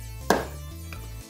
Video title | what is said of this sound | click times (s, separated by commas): Don't follow the manual when changing your E30 BMW’s air filter | I heard it clip | 0.3 s